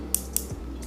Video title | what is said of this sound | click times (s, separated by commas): รีวิว ปัตตาเลี่ยนKemeikm-517 ใช้ขึ้นทรง เก็บขอบทรงดีมาก รอบ6500rpm ใช้งานได้3 ชม. Ep.73มีนาพารีวิว | ปรับแล้วก็มีเสียงแก๊กๆด้วยนะทุกคนนี่นะคะการ | 0.1 s, 0.4 s